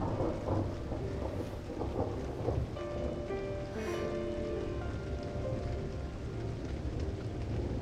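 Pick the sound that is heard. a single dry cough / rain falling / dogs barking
rain falling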